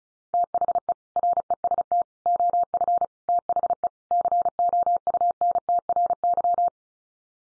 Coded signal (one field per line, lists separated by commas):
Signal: Morse code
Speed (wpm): 34 wpm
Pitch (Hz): 700 Hz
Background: none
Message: THE REST OF THE COUNTRY